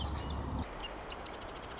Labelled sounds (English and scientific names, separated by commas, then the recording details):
Marsh Wren (Cistothorus palustris)
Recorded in Sonoma County, California